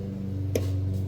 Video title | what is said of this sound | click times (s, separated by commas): Toro recycler self-propelled cable replacement | and just push that till it clicks. Ready? | 0.6 s